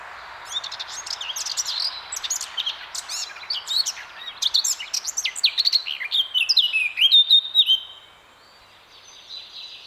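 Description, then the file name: Eurasian blackcap song: a long, hurried, scratchy warble that builds into clear whistled notes, then stops, leaving a faint high hum. "Sylvia atricapilla"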